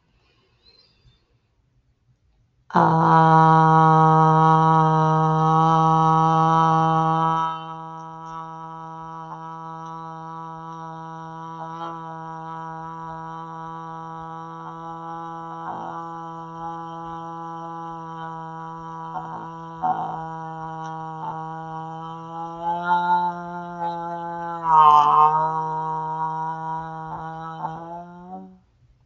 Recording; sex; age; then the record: vowel held as long as possible; female; 30 to 39 years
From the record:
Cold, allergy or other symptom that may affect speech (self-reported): no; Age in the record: 34 years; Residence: United States